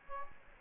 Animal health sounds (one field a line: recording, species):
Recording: mosquito wingbeat signal from an infrared sensor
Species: Aedes aegypti